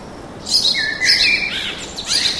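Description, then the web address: Birds twittering with quick high chirps and short whistled slurs. Birds singing in a park, urban atmosphere. "sonido de la atmosfera urbana con pajaros cantando en el parque"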